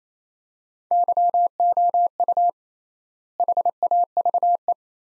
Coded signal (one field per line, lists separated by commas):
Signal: Morse code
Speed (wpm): 28 wpm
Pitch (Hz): 700 Hz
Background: none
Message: YOU HAVE